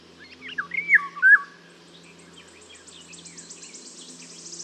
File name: Mathias Ritschard - Obyknovennaya ivolga Oriolus oriolus (Zvyki com)